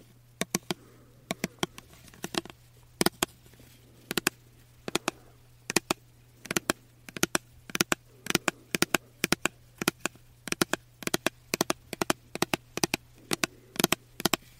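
Tapping on a diffuser and a body mist bottle: sharp, bright clicks in quick irregular bursts of two or three, continuing at a busy pace through the whole stretch. A steady low hum runs underneath throughout.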